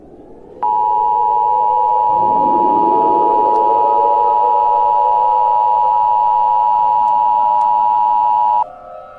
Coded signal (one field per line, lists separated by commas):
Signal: Emergency Alert System (SAME) tones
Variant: 853 and 960 Hz attention tone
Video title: EAS SCENARIO #2 - A-Hole